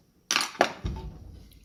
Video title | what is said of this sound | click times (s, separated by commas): Rytek Marine TM150 Transducer Bracket Introduction | then so you can see it's now snapped into place and you can see this plastic actually locks | 0.3 s